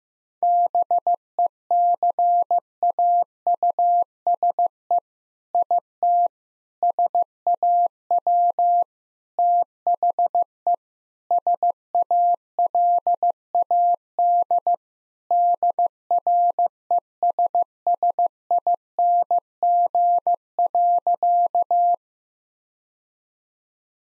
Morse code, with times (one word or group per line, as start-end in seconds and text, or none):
0.4-5.0 BECAUSE
5.5-6.3 IT
6.8-8.8 SAW
9.4-10.7 THE
11.3-14.7 SALAD
15.3-21.9 DRESSING.